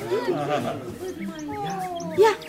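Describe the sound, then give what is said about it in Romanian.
Frogs croak on a nearby lake in a dense, overlapping chorus: low throaty calls and a steady series of short, higher chirping pulses, moderately loud and continuous throughout. “Nu, că sunt broaștele care o răcăie pe lacul din apropiere.”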